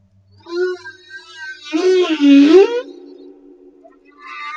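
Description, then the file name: Humpback whale moaning: a wavering, rising and falling tonal note with layered harmonics, followed by a softer trailing hum. Madagascar. "Humpback Whale - Madagascar Whale One"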